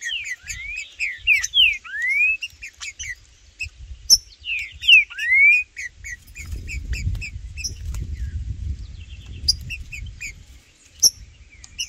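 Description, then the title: Green-winged saltator singing: a rapid series of looping whistled notes early on, then high chirps continue over a patch of low rumbling noise. Birds singing in the bush, calling and performing territorial displays while competing with rivals; a wild bird present alongside the birds named Blindado and Tufão. "TRINCA Piando, Cantando E Macheando Na DISPUTA. Trinca Ferro no MATO Cantando e Macheando muito com Solto! Blindado e Tufão no mato"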